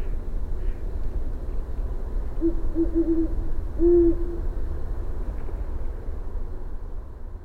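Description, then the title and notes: Great horned owl hooting: a quick run of short low hoots, then a longer deep hoot, over a constant low rumble of engine or traffic noise. Recorded about 4am on 23 December 2015 near the Potomac; possible ship or distant traffic noise; Fostex FR-2, Sennheiser ME62, Telinga parabola; amplified, faded in and out. "Great Horned Owl calling (with headphones you may also hear a distant Great Horned Owl). Mallards and some other unidentified birds in background. Recorded about 4am Dec 23, 2015."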